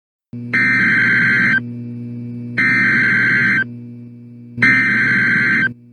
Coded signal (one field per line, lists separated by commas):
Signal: Emergency Alert System (SAME) tones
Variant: header bursts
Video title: dust advisory Eas in Albany